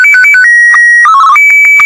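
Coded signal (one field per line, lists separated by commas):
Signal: SSTV (slow-scan television)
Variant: Martin 1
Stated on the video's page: SSTV transmission at the end of a numbers-station podcast.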